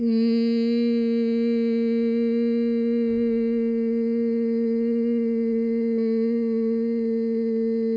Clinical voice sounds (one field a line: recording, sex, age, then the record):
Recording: sustained vowel /i/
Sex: female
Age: 50 to 59 years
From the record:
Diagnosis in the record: amyotrophic lateral sclerosis, spinal onset 15 months earlier, bulbar signs present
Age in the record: 55 years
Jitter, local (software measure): 0.25%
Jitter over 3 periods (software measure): 0.15%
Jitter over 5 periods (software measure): 0.18%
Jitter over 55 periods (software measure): 0.49%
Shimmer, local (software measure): 1.2%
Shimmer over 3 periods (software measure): 0.6%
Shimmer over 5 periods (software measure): 0.7%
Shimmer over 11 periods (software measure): 1.0%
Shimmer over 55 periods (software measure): 2.4%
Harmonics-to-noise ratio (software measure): 26.2 dB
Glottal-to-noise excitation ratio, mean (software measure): 0.93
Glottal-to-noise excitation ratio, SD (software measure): 0.027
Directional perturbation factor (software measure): 59.7%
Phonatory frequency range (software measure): 0.08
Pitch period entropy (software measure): 0.79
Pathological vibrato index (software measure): 0.51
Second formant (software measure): 2365 Hz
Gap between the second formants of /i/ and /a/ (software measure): 797 Hz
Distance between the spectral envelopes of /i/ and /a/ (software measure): 8.3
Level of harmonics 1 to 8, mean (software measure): -4.0, -7.1, -46.9, -46.2, -42.6, -49.1, -44.0, -39.8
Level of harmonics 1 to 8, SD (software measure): 1.3, 1.0, 5.9, 2.0, 2.9, 5.1, 5.0, 2.0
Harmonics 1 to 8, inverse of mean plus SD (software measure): 0.190, 0.124, 0.019, 0.021, 0.022, 0.018, 0.020, 0.024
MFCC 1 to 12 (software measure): 2.2, 5.4, 1.6, -25.4, -16.5, -16.0, -8.4, 3.5, -2.9, -14.0, -13.4, -12.3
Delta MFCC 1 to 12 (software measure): -0.001, -0.007, 0.000, -0.008, -0.011, 0.007, -0.014, 0.008, 0.008, -0.009, -0.012, -0.016